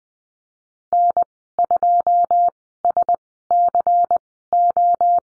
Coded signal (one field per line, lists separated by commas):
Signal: Morse code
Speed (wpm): 20 wpm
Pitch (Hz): 700 Hz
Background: none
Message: N2SCO